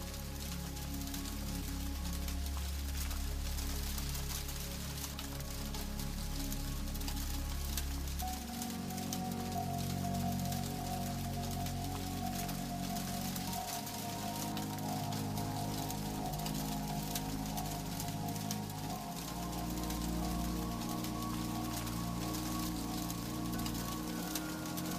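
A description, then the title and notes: Rain patters steadily on a rooftop, a dense, even hiss of drops across the whole clip. Underneath, slow sustained music plays, with low tones that shift to new chords around eight, fourteen and twenty seconds, and softer held notes above. Gentle Rhythms of RAIN on a Rooftop with MUSIC. The calming sound of raindrops on a rooftop.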